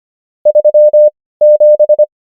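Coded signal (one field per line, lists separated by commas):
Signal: Morse code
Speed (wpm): 25 wpm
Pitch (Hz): 600 Hz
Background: none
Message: 3 7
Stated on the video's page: Morse code number practice, 25 wpm character speed with 17 wpm word speed (Farnsworth spacing).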